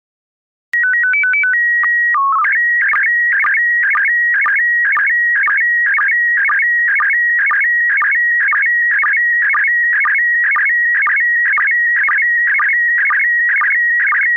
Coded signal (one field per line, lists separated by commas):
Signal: SSTV (slow-scan television)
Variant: PD 120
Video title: Slow Scan Radio, August 22, 2018, Ep. 5